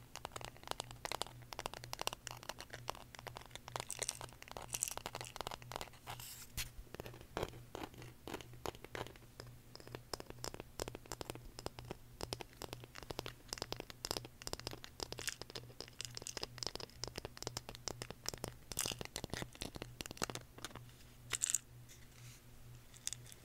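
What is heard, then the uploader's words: ASMR tapping: quick, crisp taps and light clicks fall rapidly and almost without pause for the whole stretch, some with a crinkly, papery edge. A steady low hum sits underneath throughout, and a sharper, brighter tap stands out near the end. ASMR Tapping For Sleep (No Talking).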